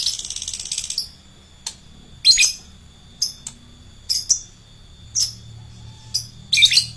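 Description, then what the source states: Lovebird twittering: a rapid high buzzy trill at the start, then scattered short sharp chirps and ticks. Adult fighter lovebird.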